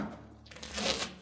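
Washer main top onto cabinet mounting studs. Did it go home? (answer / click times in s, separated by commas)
no / none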